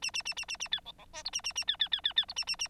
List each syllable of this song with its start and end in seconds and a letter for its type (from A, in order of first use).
0.02-0.11 A, 0.13-0.23 A, 0.25-0.34 A, 0.36-0.45 A, 0.48-0.57 A, 0.59-0.68 A, 0.71-0.80 B, 0.85-0.92 C, 0.98-1.05 C, 1.13-1.23 D, 1.25-1.30 E, 1.32-1.41 A, 1.44-1.53 A, 1.55-1.64 A, 1.67-1.76 B, 1.79-1.88 B, 1.91-2.01 B, 2.04-2.13 B, 2.16-2.25 B, 2.28-2.34 E, 2.36-2.45 A, 2.47-2.56 A, 2.59-2.68 A